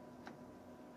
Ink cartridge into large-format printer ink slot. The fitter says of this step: slides back in until you hear the click and